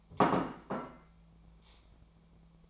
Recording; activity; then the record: daily activity, microphone in the room; place plate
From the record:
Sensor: 1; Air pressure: 1000.3 hPa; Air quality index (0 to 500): 143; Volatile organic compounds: 3 ppm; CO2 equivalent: 1349 ppm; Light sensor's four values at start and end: 26/66/28/33 and 26/66/28/33